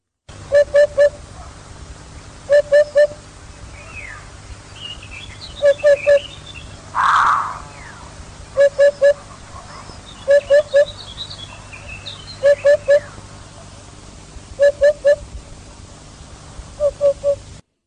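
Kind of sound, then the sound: bird, hoopoe call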